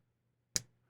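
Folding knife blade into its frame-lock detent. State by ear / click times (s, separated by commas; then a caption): seated / 0.6 s. A Spartan Harsey folding knife with plain titanium scales, a titanium frame and a Magnacut blade is worked so the blade snaps into its frame-lock detent with one sharp, bright click at 0.6 s that fades quickly over a faint steady low hum. The blade seats solidly in a nice clicky detent, with no detent lash, blade play or pivot lash.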